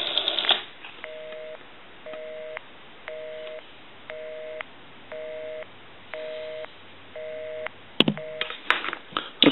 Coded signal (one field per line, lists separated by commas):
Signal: telephone call progress tone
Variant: North America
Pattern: busy tone